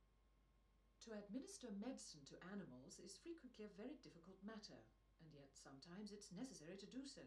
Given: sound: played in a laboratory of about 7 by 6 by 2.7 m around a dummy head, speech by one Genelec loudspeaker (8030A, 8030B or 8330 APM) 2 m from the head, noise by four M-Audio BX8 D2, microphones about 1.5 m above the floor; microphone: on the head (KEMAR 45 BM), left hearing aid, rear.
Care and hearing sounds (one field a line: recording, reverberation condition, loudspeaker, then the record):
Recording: female speech in English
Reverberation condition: low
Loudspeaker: 150 degrees to the right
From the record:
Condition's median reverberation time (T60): about 310 ms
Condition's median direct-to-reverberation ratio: about 3.5 dB